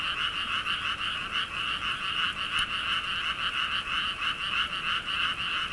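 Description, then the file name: Frogs in full chorus, a fast rhythmic croaking that swells and fades in short waves. "kaeru"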